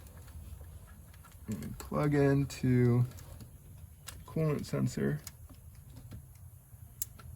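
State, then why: Seated. Someone talks while the plastic plug of an S-VCM controller on a 2019 Honda Pilot is reached down into the engine bay and pushed, tab side facing forward, onto the engine coolant temperature sensor. A single sharp click sounds at 7.0 s as the connector seats on the sensor.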